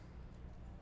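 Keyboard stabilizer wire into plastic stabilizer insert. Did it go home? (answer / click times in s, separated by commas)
no / none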